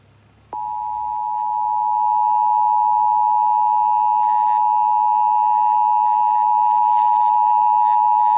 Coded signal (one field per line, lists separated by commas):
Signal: Emergency Alert System (SAME) tones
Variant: 853 and 960 Hz attention tone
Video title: The Last Shasta County RMT (EAS #3810-3822)